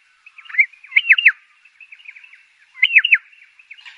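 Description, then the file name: Pardalote song: two bright chirped phrases separated by softer scattered high twittering notes. "canto do pardalote"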